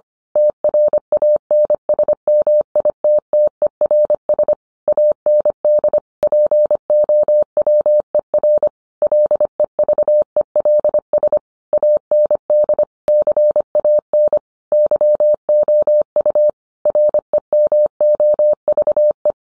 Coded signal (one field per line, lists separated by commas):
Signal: Morse code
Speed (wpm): 25 wpm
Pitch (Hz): 600 Hz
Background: none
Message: TRANSMITTERS AND POWER LEVELS AND CAN YOU REMOVE